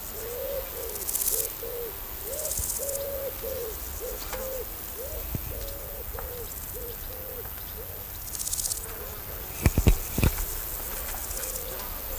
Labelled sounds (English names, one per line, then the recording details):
Large Gold Grasshopper stridulation
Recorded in the wild
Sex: male
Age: imago
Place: Berlin, OT Blankenfelde, Berlin, DE
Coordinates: 52.6219, 13.4075
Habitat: meadow
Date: 1990-08-12 11:20
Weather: warm and humid, 20-28°C
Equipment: Marantz, Sennheiser ME 80
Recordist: Tembrock, Günter